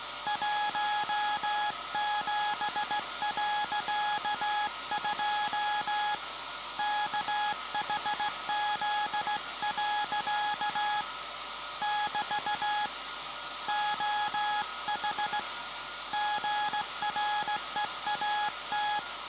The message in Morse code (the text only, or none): 17.2 KHZ. <BT> OH GREAT